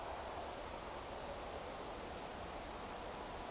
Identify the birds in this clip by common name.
Redwing